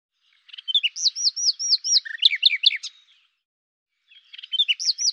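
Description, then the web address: Common nightingale song: a rich phrase of slurred, repeated whistled notes and rapid chatter lasting over two seconds, then a pause and a new phrase beginning. "cianscape birddata Deverinetal 2025"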